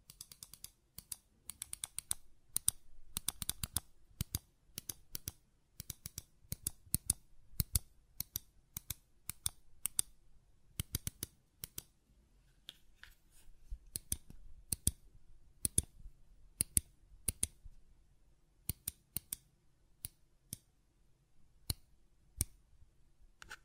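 Sharp button clicks and taps sound throughout, each a crisp, bright snap that stops at once. They come in uneven bursts, sometimes several in quick succession, sometimes spaced a second or more apart, over a faint low hum.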